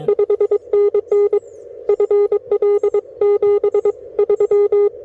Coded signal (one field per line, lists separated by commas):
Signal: Morse code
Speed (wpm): 23 wpm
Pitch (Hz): 410 Hz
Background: none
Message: 5NN FL 73